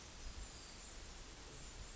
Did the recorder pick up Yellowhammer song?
no